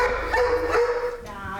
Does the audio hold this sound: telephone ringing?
no